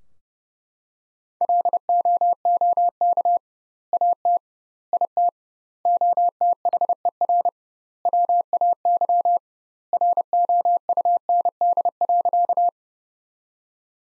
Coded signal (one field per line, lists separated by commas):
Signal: Morse code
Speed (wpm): 30 wpm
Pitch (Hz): 700 Hz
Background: none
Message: LOOK AT IT OTHER WAY ROUND.